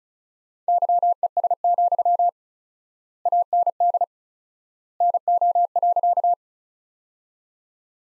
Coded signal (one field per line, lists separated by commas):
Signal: Morse code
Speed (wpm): 36 wpm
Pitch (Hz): 700 Hz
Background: none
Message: YES, AND NO.